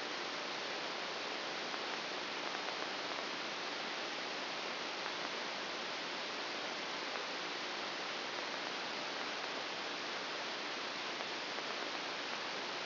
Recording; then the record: brain microelectrode recording played as sound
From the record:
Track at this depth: inside the subthalamic nucleus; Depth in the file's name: 1.205 mm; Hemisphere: right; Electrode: 2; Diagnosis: Parkinson's disease